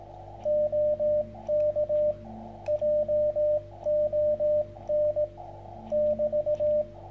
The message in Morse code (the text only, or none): OK JON <BT>